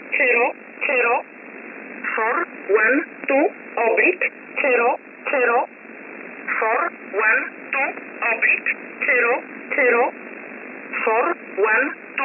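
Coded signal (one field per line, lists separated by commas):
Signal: numbers station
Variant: E11 Oblique, English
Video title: 10 05 2021 Number station E11 Oblique in English to Eu 0450 on 7469 unknown tx site in USB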